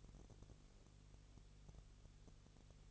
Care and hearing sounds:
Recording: daily activity, microphone in the room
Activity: no activity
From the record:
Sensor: 4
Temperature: 22.3 degrees Celsius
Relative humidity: 32.8%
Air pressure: 1002.0 hPa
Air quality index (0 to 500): 185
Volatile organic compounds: 4 ppm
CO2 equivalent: 1634 ppm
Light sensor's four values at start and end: 2/3/1/1 and 2/3/1/1

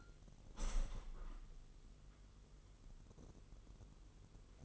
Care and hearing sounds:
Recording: daily activity, microphone in the room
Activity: open window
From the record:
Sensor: 4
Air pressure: 999.4 hPa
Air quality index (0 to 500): 139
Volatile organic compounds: 3 ppm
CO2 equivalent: 1376 ppm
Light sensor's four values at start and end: 32/80/33/36 and 32/79/33/36

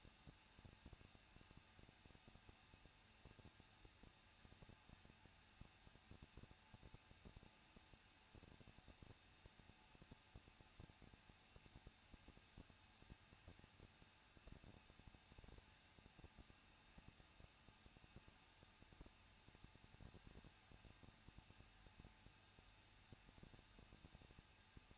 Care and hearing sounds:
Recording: daily activity, microphone in the room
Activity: no activity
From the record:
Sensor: 2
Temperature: 21.0 degrees Celsius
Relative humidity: 37.4%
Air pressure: 1006.2 hPa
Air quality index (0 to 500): 222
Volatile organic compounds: 24 ppm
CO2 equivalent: 2821 ppm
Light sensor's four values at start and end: 2/3/2/2 and 2/3/2/2

